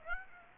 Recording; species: mosquito wingbeat signal from an infrared sensor; Aedes aegypti